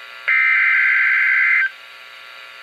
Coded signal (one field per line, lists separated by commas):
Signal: Emergency Alert System (SAME) tones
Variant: header bursts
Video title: EAS #92-93 2 Winter Storm Warnings 2/15/14 7:18AM